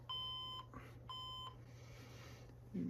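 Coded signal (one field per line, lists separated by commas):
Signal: beep code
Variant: HP workstation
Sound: two medium-length steady electronic beeps with a short gap, then room noise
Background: low hum, room noise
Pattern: 2 beeps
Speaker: Let it do its beep sequence.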